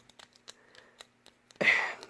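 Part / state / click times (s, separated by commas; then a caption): plastic toy arm elbow joint into the toy arm / seated / 0.5 s, 2.0 s. A Transformers Titans Return Deluxe Perceptor plastic toy figure has its loose plastic elbow joints pushed all the way into the arm. Small sharp plastic ticks and clicks sound throughout, with clicks at 0.5 s and 2.0 s, and a louder, longer rushing noise begins at about 1.6 s. The elbow joints click into place.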